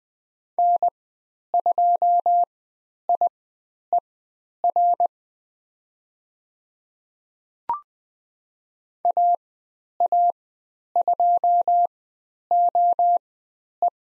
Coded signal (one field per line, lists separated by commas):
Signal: Morse code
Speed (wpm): 20 wpm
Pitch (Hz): 700 Hz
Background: none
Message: N2IER AA2OE